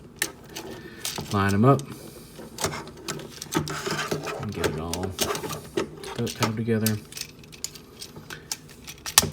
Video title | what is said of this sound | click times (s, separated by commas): Video Review: Transformers Studio Series 53 - MIXMASTER | we go lock those together make | 9.2 s